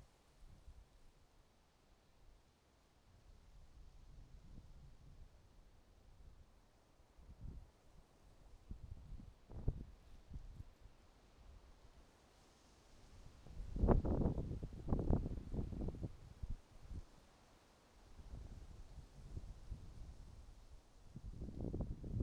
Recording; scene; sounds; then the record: everyday scene through a hearing-aid microphone; wind on the microphone; wind, traffic, birds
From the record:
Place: suburban garden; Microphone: in the ear canal, right